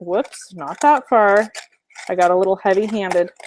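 Someone talks while folding the bottom of a cardstock gift box, pushing the tabbed flap down over the diagonal-cut side flaps toward the notch in the box bottom. Only speech is heard, with no distinct click. The tab has not popped into place yet; nothing has seated.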